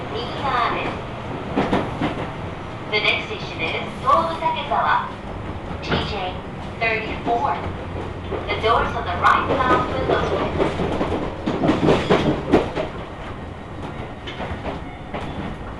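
Inside a four-car local train on the Tobu Tojo Line between Yorii and Ogawamachi, a steady low rumble runs throughout. Voices come and go in bursts over it, with brief clattering and squealing, and a low hum settles in around the middle.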